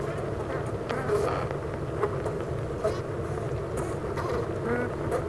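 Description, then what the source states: Honey bees making a steady, dense buzzing drone, with scattered short whines of single bees. Honey bee hive at Clara Vale, Gateshead, UK.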